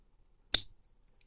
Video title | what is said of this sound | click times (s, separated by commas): Unboxing/Review. The Blokees. Transformers. Galaxy Version. wave 01. Bluestreak #2. | ah very nice very satisfying click | 0.6 s